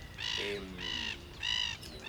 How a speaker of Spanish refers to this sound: Venteleo, gaviota